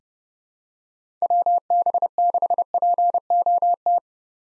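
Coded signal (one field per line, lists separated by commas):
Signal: Morse code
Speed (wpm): 30 wpm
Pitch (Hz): 700 Hz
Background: none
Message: WB6POT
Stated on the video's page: Morse practice at 30 wpm of common SOTA chaser call signs, each sent twice.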